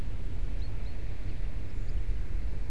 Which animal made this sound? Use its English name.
Common Chaffinch